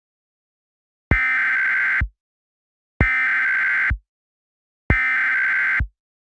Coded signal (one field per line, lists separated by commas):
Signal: Emergency Alert System (SAME) tones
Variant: header bursts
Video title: EAS Short - The Snow White Rage